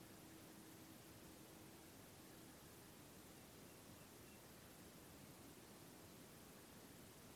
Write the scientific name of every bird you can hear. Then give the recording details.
Luscinia megarhynchos. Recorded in France